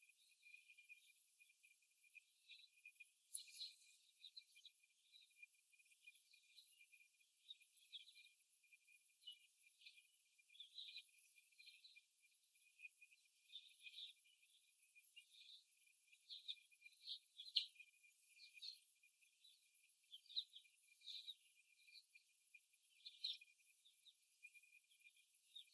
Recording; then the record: young laying hens in a cage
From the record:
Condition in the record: after the stressor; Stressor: simulated dog barking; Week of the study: 1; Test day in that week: 1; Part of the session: 3